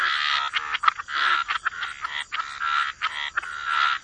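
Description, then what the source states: Frogs croaking together in thick overlapping bursts that swell and fade. Frog chorus.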